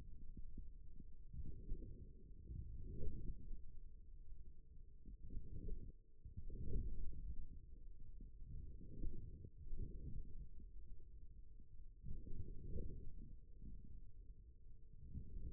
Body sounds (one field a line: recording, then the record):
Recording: forearm muscle sounds (acoustic myography)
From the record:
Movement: forearm supination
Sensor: system 1, eight BSWA MPA416 microphones around the upper forearm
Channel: 2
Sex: male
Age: 41 years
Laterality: right